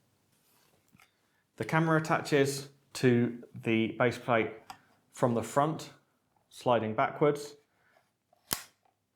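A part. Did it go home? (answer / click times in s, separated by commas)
yes / 8.5 s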